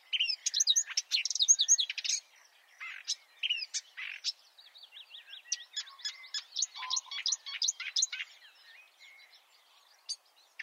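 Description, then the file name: Marsh warbler song, a rapid, restless medley of high chirps, trills and buzzy phrases in quick bursts with brief pauses, ending in scattered single notes. "suara kicauan burung marsh warbler. omkicau"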